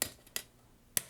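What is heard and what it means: The kickstand on a heavy-duty Ghostek Iron Armor phone case for the iPhone 12 Pro Max is folded back against the case back. Sharp clicks sound at 0.0 s and 0.4 s, with a faint tick between them. The kickstand then snaps shut and seats with a crisp click at 1.0 s.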